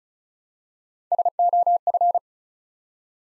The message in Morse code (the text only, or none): SOF